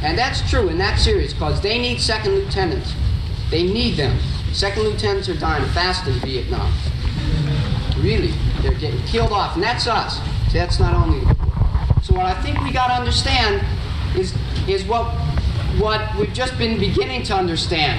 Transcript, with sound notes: And that's true, and that's serious, because they need second lieutenants. They need them. Second lieutenants are dying fast in Vietnam. (Light laughter) Really. They're getting killed off. And that's us. That's not only... So what I think we've got to understand is what we've just been beginning to understand.